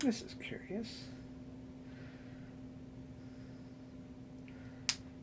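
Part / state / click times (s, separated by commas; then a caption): plastic armor plate into a model kit body / seated / 4.9 s. Someone talks while pressing a plastic armor plate onto the body of a blue 30MM Alto snap-fit model kit. A soft tick comes just before a sharp, bright snap at 4.9 s, as the plate seats into place.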